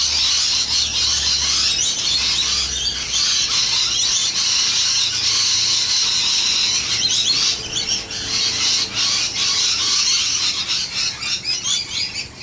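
Parrots calling as a flock: continuous, dense high-pitched screeching and chattering with sharp squeals throughout, thinning slightly toward the end.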